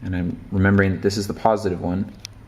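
Someone talks while handling the positive crimped battery wire pin, open flat side facing up, at a plastic connector housing. The pin has not yet been pushed home, and nothing has seated or clicked yet.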